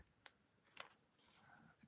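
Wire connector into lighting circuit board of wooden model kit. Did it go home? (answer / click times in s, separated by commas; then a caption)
no / none. A small wire connector is pushed into the lighting circuit board of a wooden ROKR Luminous Globe mechanical model kit, giving a sharp, bright tick at 0.3 s and a softer one at 0.8 s, followed by quiet rustling. The connector has not clicked into the board yet.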